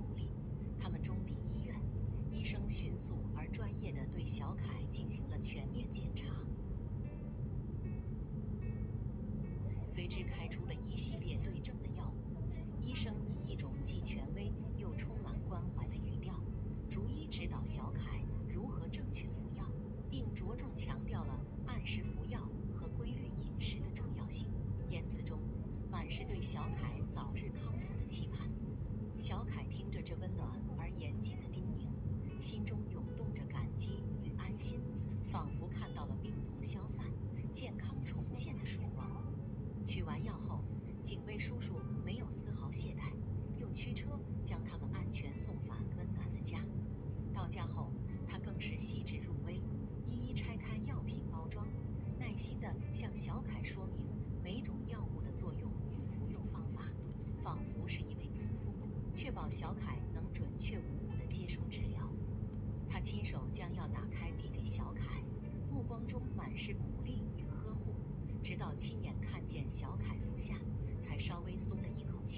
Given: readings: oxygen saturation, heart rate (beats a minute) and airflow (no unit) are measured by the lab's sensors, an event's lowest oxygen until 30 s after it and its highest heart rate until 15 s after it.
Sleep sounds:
a person awake in a sleep study, by a smartphone at the bedside; none
0.00-72.38 s: awake
From the record:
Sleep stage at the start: awake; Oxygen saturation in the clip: 94 to 96%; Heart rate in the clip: 72 to 76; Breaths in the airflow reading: 18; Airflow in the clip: -3.6 to 4.3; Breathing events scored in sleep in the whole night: 131 in 7.2 hours asleep

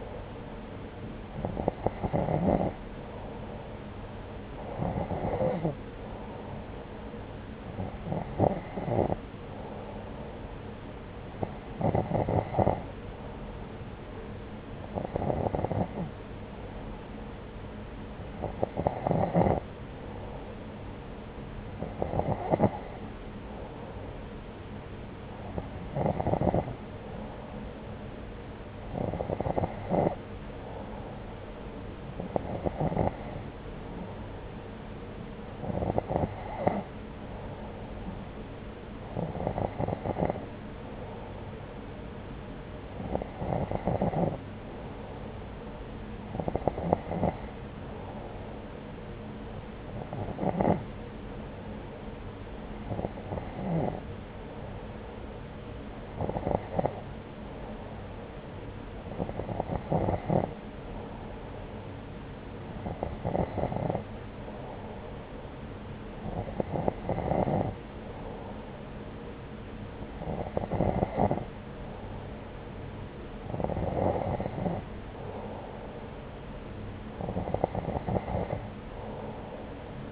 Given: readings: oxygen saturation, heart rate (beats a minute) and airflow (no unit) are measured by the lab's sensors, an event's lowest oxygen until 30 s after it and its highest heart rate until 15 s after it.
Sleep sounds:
breathing in sleep by a voice recorder at the bedside; none
none scored
From the record:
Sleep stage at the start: N2 (light sleep); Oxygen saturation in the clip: 90 to 92%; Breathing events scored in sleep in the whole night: 303 in 8.1 hours asleep

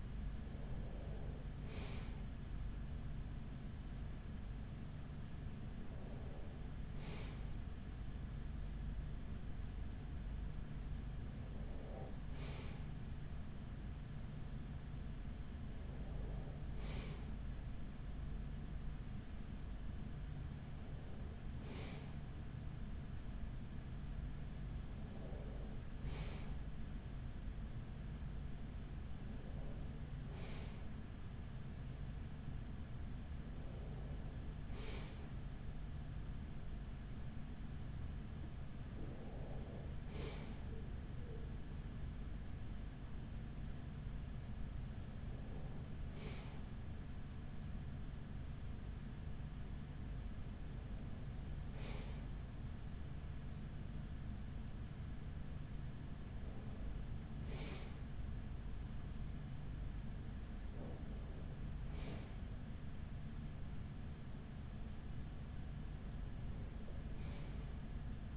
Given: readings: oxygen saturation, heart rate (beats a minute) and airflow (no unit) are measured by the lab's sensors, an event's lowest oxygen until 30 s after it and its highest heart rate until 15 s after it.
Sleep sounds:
breathing in sleep by a smartphone at the bedside; none
none scored
From the record:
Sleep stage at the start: N1 (lightest sleep); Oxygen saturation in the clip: 95%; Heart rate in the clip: 43 to 46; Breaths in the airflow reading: 14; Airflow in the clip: -7.5 to 5.2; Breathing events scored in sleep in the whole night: 207 in 7.6 hours asleep

